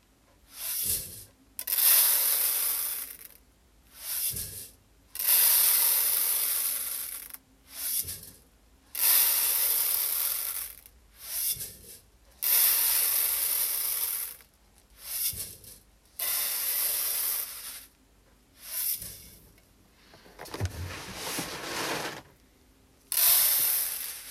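Hulled brown rice being sorted and checked by hand comes through as repeated bright, dense rushing bursts of a second or two, separated by short quiet gaps.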